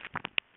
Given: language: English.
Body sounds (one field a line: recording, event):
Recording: throat vibration sensor signal played as sound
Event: swallow